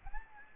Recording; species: mosquito wingbeat signal from an infrared sensor; Aedes albopictus